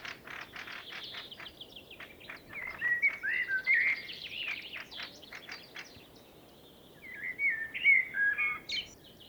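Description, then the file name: Common blackbird: fluted warbling phrases come twice, the first over a rapid series of dry high ticking notes. "Turdus merula"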